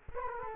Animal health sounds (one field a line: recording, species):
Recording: mosquito wingbeat signal from an infrared sensor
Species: Culex quinquefasciatus